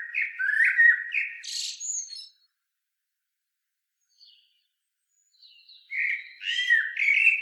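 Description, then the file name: Common blackbird song: a warbling phrase of low mellow whistles ending in a shrill squeaky flourish, a quiet gap, then a second phrase begins. "Turdus merula"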